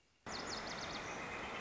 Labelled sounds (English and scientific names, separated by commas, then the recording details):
Northern Flicker (Colaptes auratus)
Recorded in Sonoma County, California